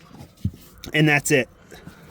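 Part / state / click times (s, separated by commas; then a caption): wiring connector onto tail light bulb socket / not seated / none. On a 2007 to 2012 Hyundai Santa Fe, the wiring connector is handled at the tail light bulb socket while someone talks, with faint handling noises around the speech. Nothing has seated or clicked yet; the connector is not yet home.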